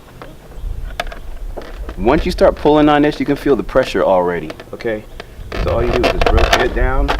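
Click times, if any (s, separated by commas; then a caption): none. A clip-on towing mirror extension is being pulled down onto a vehicle's side mirror housing by its strap, with its hooks catching the top edge and its latch set to grab the bottom edge. Brief knocks are heard near 0.2 and 1.0 seconds while someone talks. Nothing has seated or snapped into place yet.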